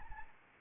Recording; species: mosquito wingbeat signal from an infrared sensor; Anopheles arabiensis